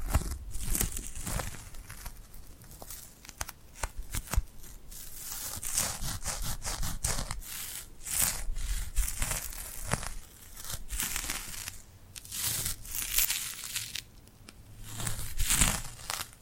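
Glued hands rubbing and pulling apart, making sticky crinkling and peeling sounds in bursts every second or two. The texture is bright and crackly with brief sharp snaps, and louder stretches of continuous rubbing come around six, eight, twelve and fifteen seconds.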